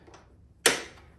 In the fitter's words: Okay, audible click, good.